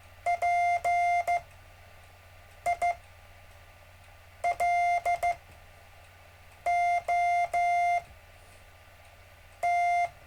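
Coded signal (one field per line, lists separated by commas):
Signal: Morse code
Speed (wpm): 14 wpm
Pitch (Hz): 700 Hz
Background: music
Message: PILOT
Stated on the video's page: Gentle Morse code practice during a live stream lesson.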